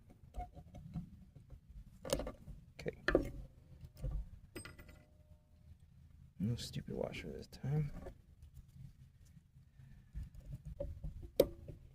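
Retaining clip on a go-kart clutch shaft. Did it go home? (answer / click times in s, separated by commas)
yes / 11.4 s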